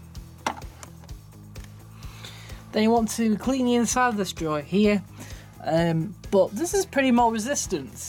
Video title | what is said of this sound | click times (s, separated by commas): How to Tip #82 : remove & clean a detergent dispenser on a Whirlpool / Maytag washing Machine | down you hear a click thank you take out then | 0.5 s